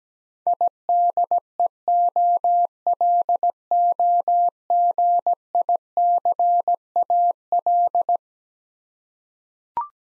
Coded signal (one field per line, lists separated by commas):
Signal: Morse code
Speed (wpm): 17 wpm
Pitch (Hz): 700 Hz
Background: none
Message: IDEOLOGICAL